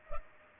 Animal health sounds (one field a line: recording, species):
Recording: mosquito wingbeat signal from an infrared sensor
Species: Culex pipiens